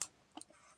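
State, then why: Seated. An adjustable gadget holder or stand is swung into the long (landscape) orientation, and its hinge locks into a detent position with a sharp click at 0.0 s. A fainter double tick follows around 0.4 s, then only low background. The stand ends up locked in place.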